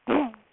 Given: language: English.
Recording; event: throat vibration sensor signal played as sound; throat clearing